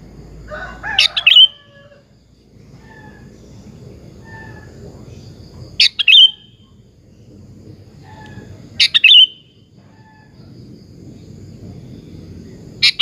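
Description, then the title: Sooty-headed bulbul song of short bubbly bursts every few seconds, with faint thin whistles between them and a low rumble behind. "Kutilang"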